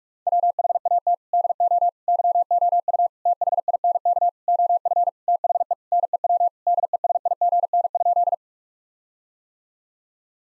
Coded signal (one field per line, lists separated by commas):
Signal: Morse code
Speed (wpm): 41 wpm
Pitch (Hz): 700 Hz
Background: none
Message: WHAT DO YOU THINK OF THE NEW DESIGN?